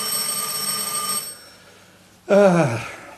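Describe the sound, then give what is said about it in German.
A telephone bell rings in one sustained, bright metallic burst lasting just over a second, then stops. After a short quiet pause, a voice-like sound with a falling pitch follows. “Soll es von mir aus klingeln?”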